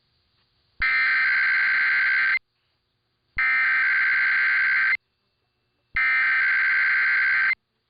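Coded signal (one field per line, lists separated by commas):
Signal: Emergency Alert System (SAME) tones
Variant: header bursts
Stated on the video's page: Required weekly tests.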